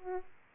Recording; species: mosquito wingbeat signal from an infrared sensor; Aedes aegypti